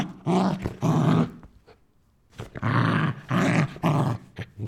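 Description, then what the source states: Dog growling and snarling, long harsh low growls in repeated bursts with a brief quiet gap in the middle. Growling, snarling and grumbling.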